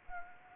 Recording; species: mosquito wingbeat signal from an infrared sensor; Anopheles gambiae